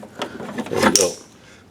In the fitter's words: right so there we go and push it until you hear that nice click